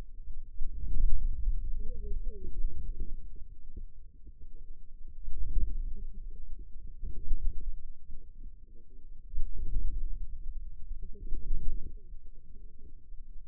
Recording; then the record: forearm muscle sounds (acoustic myography)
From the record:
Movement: inward rotation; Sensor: system 2, bracelet of six BSWA MPA416 microphones around the upper forearm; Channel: 2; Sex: female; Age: 21 years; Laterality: right